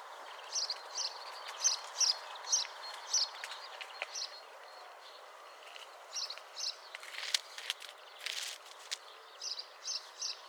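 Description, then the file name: Common chaffinch: clear high notes repeated about twice a second, pausing midway, with brief rustling noise and a soft hiss behind. "Fringilla coelebs"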